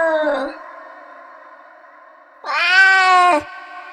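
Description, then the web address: Cat meowing: a short falling meow at the start, then a longer, louder harmonic meow near the end, with a faint steady hum between them. "o som de um gato a miar"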